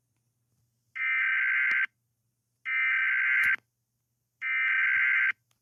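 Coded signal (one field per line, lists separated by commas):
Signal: Emergency Alert System (SAME) tones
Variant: header bursts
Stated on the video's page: Fictional EAS scenario based on the game One Night At Flumpty's.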